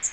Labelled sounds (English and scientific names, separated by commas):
Magnolia Warbler (Setophaga magnolia) flight call